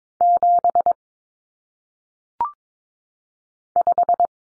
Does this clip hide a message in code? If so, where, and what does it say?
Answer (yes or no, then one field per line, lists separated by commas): yes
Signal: Morse code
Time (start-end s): 0.2-4.3 s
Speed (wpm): 22 wpm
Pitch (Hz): 700 Hz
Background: none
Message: 7 5